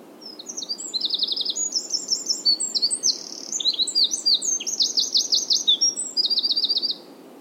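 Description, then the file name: Eurasian wren singing a long, vigorous strophe of high piercing notes interspersed with rattling trills, running over six seconds before stopping abruptly. "Troglodytes troglodytes"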